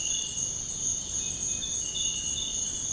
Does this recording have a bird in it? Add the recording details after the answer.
no. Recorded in secondary vegetation near Puerto Asís, Putumayo, Colombia, on 20 February 2024 at 06:00. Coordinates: 0.468, -76.324. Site G6381